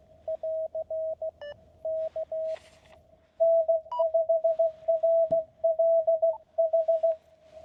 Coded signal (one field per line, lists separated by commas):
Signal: Morse code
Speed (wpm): 16 wpm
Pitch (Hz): 640 Hz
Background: radio noise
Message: <AR> K N5RLH